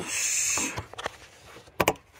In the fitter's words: snaps into place